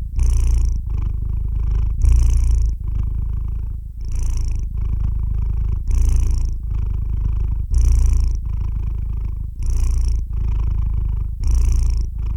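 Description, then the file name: Domestic cat purr, a continuous deep rumble that swells in strong bursts roughly every two seconds. "Purr Tims"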